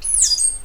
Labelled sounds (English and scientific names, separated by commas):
Stitchbird (Notiomystis cincta) song